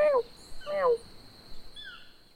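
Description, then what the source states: Toucan giving two drawn-out, falling, mewing calls in quick succession, then fainter higher calls, with a steady high tone in the background. Toucan calling in the background in cloud forest; its call likened to 'meow, meow'.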